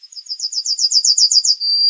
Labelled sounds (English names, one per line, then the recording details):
Yellowhammer song
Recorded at under 5 m from the bird
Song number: 111